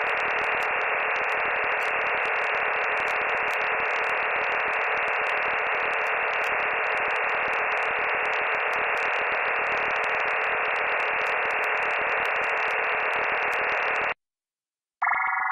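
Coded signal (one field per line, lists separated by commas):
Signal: digital SSTV (DRM)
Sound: steady wide rushing hiss with sharp start and stop, brief silence, short tone burst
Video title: Data bij de Daily Minutes Podcast (DRM, Fldigi) 15 september 2019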